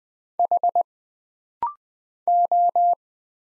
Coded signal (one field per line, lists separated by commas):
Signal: Morse code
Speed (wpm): 20 wpm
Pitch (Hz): 700 Hz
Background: none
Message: H O